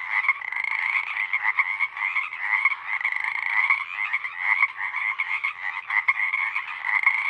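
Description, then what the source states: Pacific Chorus Frogs croaking together in a loud, steady mass of raspy calls. Full chorus of a single pod, recorded night of April 21–22, 2019, Sinlahekin Valley; a deafening wall of calls lasting hours until the night air cools.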